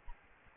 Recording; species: mosquito wingbeat signal from an infrared sensor; Aedes albopictus